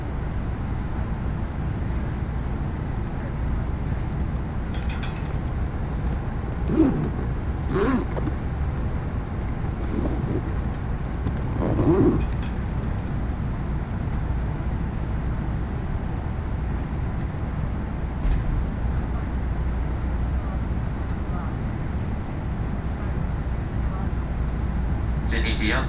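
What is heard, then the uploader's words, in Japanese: A steady low rumble runs through the whole stretch of a train journey on the Iida Line, heavy in the bass with a faint hum above. Brief clacks and thumps stand out around 5, 7–8, 10 and 12 seconds, and a sharper squeal or hiss comes near the end. 鉄道旅 飯田線 辰野→伊那市。やってきたのは313系の2両編成。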